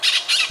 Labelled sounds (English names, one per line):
Brown-throated Parakeet contact call